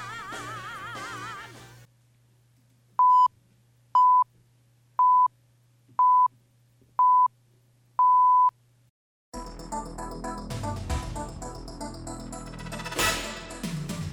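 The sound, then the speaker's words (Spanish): Six short, evenly spaced electronic radio time-signal beeps at a steady mid pitch, one per second, the last held longer, marking the top of the hour over a low hum, followed by busy broadcast sound. “Como señalan los pitidos, es la hora en punto, una hora menos en Canarias, la hora de las cosas que sobran y no sabemos dónde meter.”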